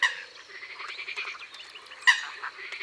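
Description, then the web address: Eurasian coot: an abrupt, loud call at the start and another near the end, with softer chatter between. "Foulque macroule. abc de la nature"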